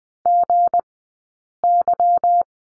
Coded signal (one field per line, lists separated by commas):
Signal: Morse code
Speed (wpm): 20 wpm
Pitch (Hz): 700 Hz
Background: none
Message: GY